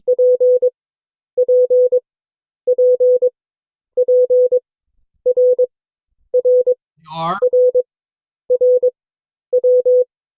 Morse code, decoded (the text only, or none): P P P P R R R R W